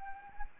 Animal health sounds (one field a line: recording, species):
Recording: mosquito wingbeat signal from an infrared sensor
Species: Anopheles arabiensis